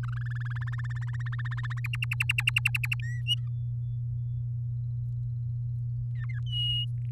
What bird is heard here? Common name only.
Domestic Canary